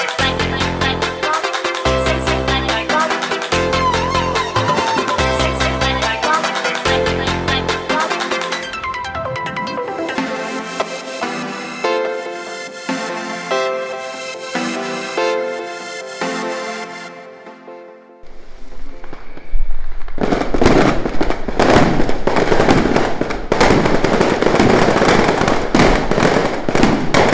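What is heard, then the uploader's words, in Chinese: A New Year's Eve gathering opens with loud music, a steady thumping beat under bright held tones for the first eight seconds, then melody without the beat. After a short lull near eighteen seconds, dense, rapid firecracker crackling fills the rest. 收音設備：手機Iphone11、SAIREN VM-Q1。除夕夜圍爐 炒年糕 臘肉 部落煙火 家人聚聊。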